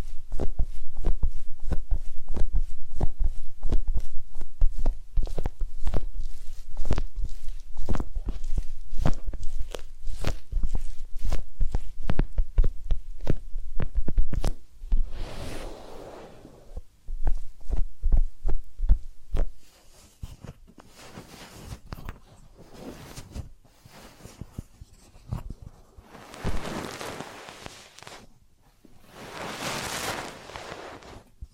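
Massage and ear cleaning sounds: for the first fifteen seconds, dense rapid tapping and patting strokes with a low thump underneath. After that the taps thin out, giving way to softer rubbing and brushing swishes that swell and fade at irregular intervals.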